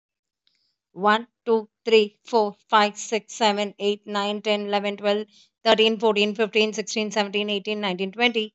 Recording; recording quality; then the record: counting at a normal pace; excellent, no background noise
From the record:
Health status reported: healthy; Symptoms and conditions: none ticked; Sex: female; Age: 40 years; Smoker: not ticked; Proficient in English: yes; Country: India